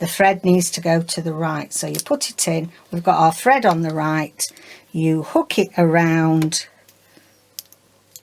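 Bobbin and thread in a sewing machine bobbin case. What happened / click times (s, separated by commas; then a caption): The small part is being handled and has not yet clicked home / none. Someone talks while a bobbin is placed in a sewing machine bobbin case with its thread running to the right, then the thread is hooked around. After the talking stops, a few faint, brief handling ticks follow, the sharpest near 7.6 s. The clip ends before the bobbin thread clicks into the bobbin case, so nothing has seated yet.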